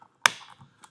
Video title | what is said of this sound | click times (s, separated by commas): etrailer - Yakima BaseLine Roof Rack Comprehensive Review | And it just snaps into place. | 0.3 s